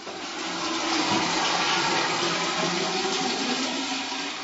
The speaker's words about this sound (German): In der Wasseraufbereitungshalle des Kieler Aquariums werden täglich große Mengen Meerwasser gereinigt. Wasser der Typen Tropisch, Mittelmeer, Ostsee, Atlantik.